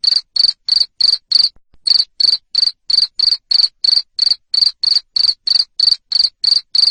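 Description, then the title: Cricket chirping shrilly and repeatedly, close to three chirps a second, with a short gap early on and otherwise unbroken rhythm. Loud cricket chirping (ngerik) used to stimulate lovebirds to sing continuously (ngekek). "Suara JANGKRIK NGERIK Keras Bikin LOVEBIRD Jadi NGEKEK Terus Vubey"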